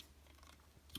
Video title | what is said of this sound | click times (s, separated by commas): Star Wars Micro Galaxy Squadron Razor Crest Review | I feel like it clicked in better when those pegs weren't lined up that's very strange | 1.0 s